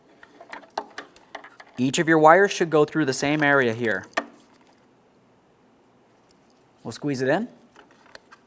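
A plastic trim cover over the tail light wiring of a 2003-2007 Honda Accord is handled and squeezed toward its place in the tail light housing area, with the wires routed through the same area so none get pinched. Light sharp ticks and knocks from handling are heard around someone talking. The cover has not clicked or seated yet; its locks on both sides still have to click in.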